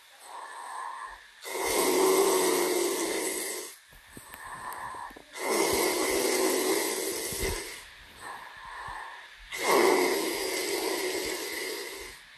Snoring ASMR.